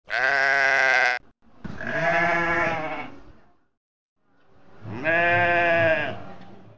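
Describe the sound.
Sheep bleating three times, each a loud harmonic baa, separated by short pauses, the last one the longest.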